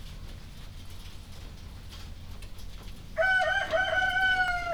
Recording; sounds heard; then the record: poultry house recording; healthy chickens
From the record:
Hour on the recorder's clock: 0